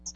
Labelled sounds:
Hooded Warbler flight call

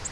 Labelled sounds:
Virginia's Warbler flight call

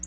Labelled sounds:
Black-throated Blue Warbler flight call

